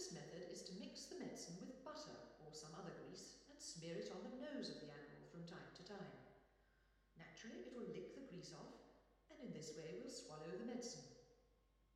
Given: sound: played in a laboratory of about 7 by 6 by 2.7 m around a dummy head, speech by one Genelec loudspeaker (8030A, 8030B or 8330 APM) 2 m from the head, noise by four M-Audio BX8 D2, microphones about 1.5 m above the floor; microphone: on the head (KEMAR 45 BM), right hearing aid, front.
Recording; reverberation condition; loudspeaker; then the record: female speech in English; high; 120 degrees to the right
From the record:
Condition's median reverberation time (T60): about 1300 ms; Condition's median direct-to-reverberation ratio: about -4.0 dB